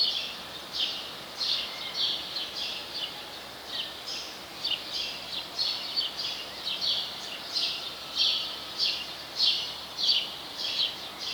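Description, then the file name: House sparrow chirps, a long series of sharp notes repeated roughly every half second to second, with faint background hiss. "Passer domesticus"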